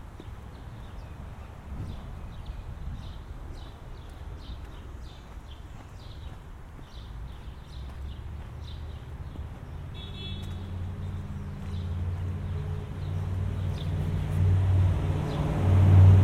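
Walking home through the suburbs, footsteps tap regularly over a low traffic rumble that grows steadily louder as a vehicle approaches near the end.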